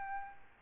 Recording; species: mosquito wingbeat signal from an infrared sensor; Aedes albopictus